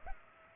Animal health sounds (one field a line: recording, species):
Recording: mosquito wingbeat signal from an infrared sensor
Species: Culex pipiens